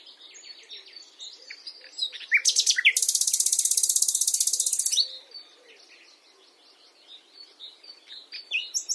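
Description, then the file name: Common nightingale song with a long, dense, rapid high trill, framed by quieter varied notes. "Luscinia megarhynchos"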